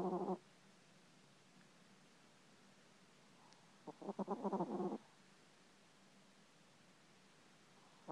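Low, fluttering snore bursts from a sleeping cat named Mr Loui, one at the start and a longer one about four seconds later, with quiet breathing in between. The rattling, pulsed texture is the cat snoring again, a recurring snore.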